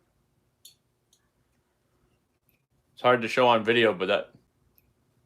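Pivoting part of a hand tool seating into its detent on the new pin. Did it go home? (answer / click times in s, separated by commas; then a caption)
yes / 0.7 s. A repaired metal hand tool joint, its missing rivet replaced with a nail-like pin, is worked so the pivoting part seats into its detent on the new pin, giving a sharp click at 0.7 s followed by a few faint ticks. Someone then talks. The joint clicks into place.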